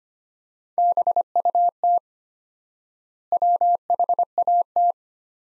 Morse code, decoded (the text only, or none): BUT WHAT